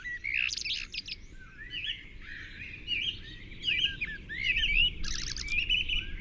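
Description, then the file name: Eurasian blackbird song: short fluty warbles in quick succession, mixed with high squeaky twittering bursts, over a steady low background hum. "Turdus merula"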